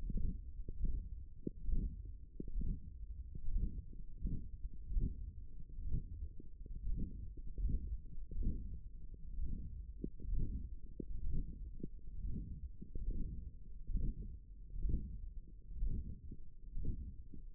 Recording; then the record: forearm muscle sounds (acoustic myography)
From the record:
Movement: hook grip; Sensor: system 1, eight BSWA MPA416 microphones around the upper forearm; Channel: 4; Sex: male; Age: 23 years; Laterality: right